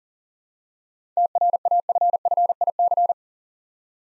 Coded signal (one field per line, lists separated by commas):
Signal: Morse code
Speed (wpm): 40 wpm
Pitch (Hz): 700 Hz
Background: none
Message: TRAFFIC